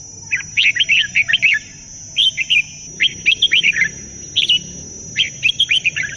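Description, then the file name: Red-whiskered bulbul: clusters of fast bubbling whistled notes in several short phrases, with a constant high-pitched whine in the background. "suara kutilang jambul"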